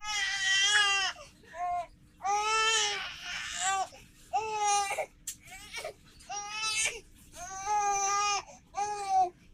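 An infant cries in repeated wailing bursts about every two seconds, each a strong, high-pitched tonal cry separated by brief gasping pauses. It sounds like an ordinary infant cry in a small room.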